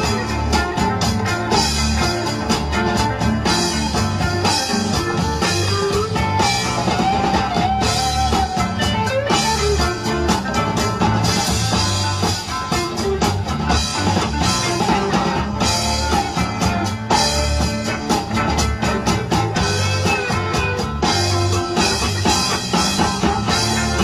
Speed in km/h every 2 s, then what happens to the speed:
21, 16, 11, 8, 11, 13, 13, 13, 11, 11, 16, 19.
0-5 slows to 8. 5-18 steady at about 11. 18-24 speeds up to 19.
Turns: 8-13.